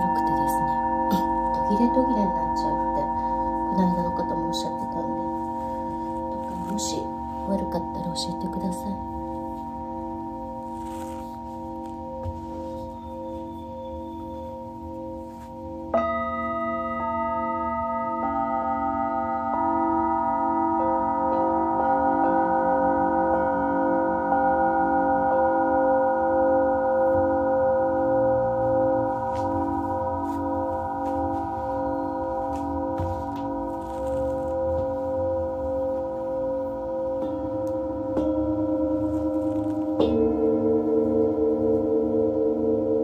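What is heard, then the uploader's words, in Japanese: Singing bowls ring with long, steady tones that layer and overlap, their pulsing shimmer swelling as new bowls are struck, with fresh strikes near 16 and 40 seconds. A low hum runs underneath, and a faint voice is heard in the first few seconds. メキシコから シンギングボウルのサウンドヒーリング。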